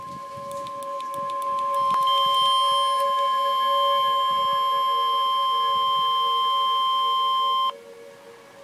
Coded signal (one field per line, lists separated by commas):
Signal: Emergency Alert System (SAME) tones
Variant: 1050 Hz attention tone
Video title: Tornado Warning with Tornado Sirens in the Background - EAS #234